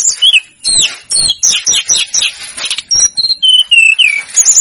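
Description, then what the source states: Snowy-browed flycatcher song, a rapid run of high squeaky notes and slurred downward whistles, with quick chattering phrases between. Masteran recording made for training cage birds; local names tledekan gunung and sikatan gunung.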